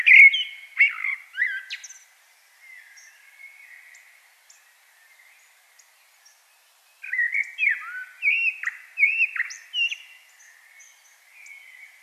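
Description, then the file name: Common blackbird delivering a warbled phrase, a soft quiet stretch, then a longer series of rich fluting notes with thin high squeaks. "Turdus merula"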